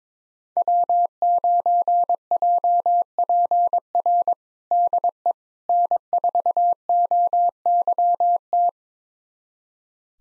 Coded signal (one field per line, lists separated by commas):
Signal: Morse code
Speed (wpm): 21 wpm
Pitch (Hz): 700 Hz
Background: none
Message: W9JPR DE N4OYT